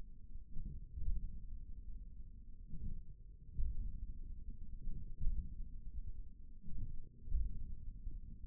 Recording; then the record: forearm muscle sounds (acoustic myography)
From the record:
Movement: hand closing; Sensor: system 1, eight BSWA MPA416 microphones around the upper forearm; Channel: 1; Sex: male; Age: 41 years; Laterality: right